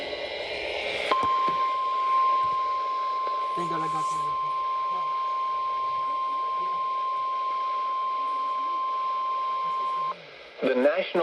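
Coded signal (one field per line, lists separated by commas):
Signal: Emergency Alert System (SAME) tones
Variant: 1050 Hz attention tone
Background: speech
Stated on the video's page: Real EAS alerts received on FM radio and an internet radio station.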